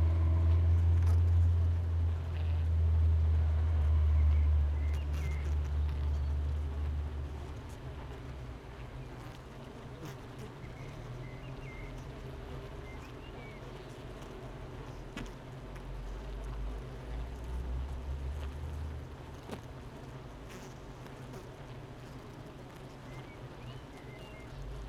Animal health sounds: honeybee colony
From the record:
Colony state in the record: missing queen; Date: 31 May 2018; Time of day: 8:45

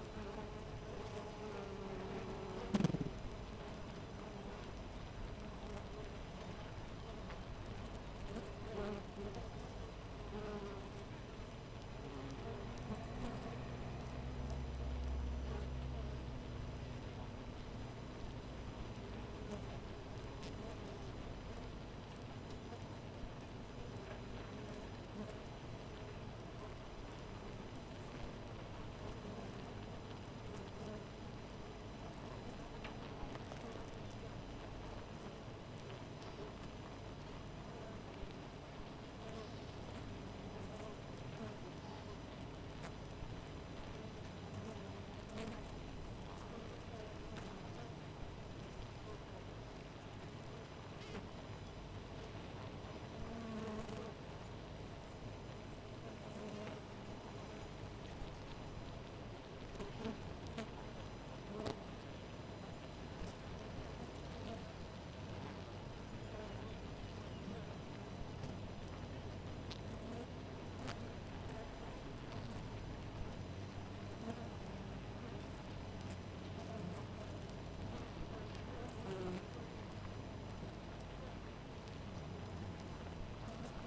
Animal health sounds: honeybee colony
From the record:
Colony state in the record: missing queen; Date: 14 July 2017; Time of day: 5:08

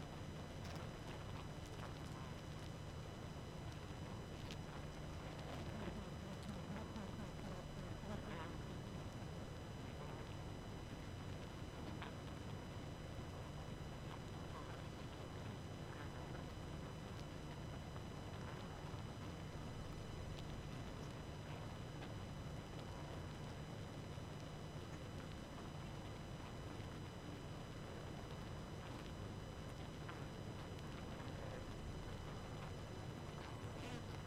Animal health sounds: honeybee colony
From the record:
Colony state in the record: active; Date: 12 June 2018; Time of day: 23:51

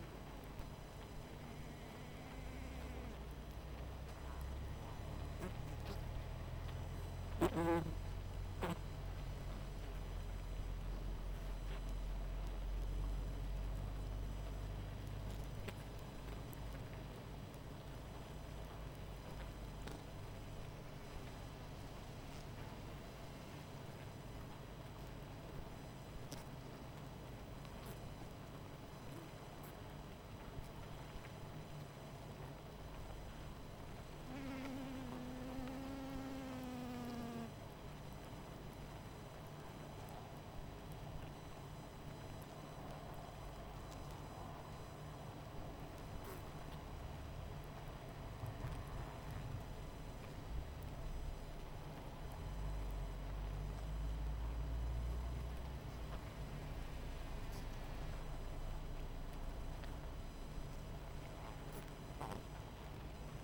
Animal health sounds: honeybee colony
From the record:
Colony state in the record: missing queen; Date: 14 July 2017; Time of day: 21:32

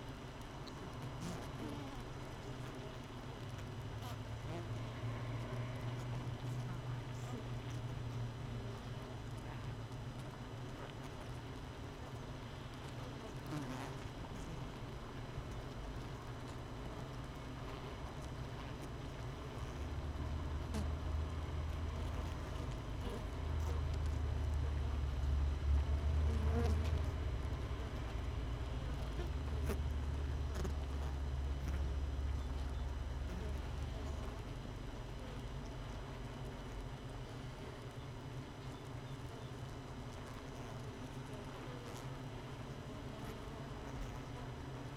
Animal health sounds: honeybee colony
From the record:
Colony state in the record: missing queen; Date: 31 May 2018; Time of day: 7:15

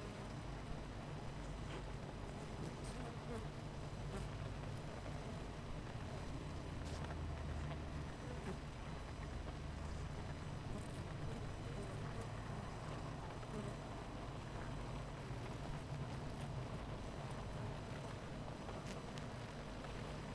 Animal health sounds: honeybee colony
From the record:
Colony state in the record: missing queen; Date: 14 July 2017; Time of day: 9:20

